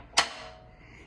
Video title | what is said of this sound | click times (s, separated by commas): Cherry Burl Bowl, Robust Lathe A great tip about the lathe | and this locks in place. | 0.2 s